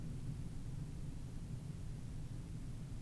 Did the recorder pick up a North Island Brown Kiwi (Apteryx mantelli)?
no